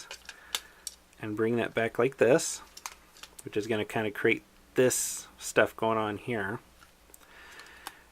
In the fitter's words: so again fold it so the wheels are down give the knee two clicks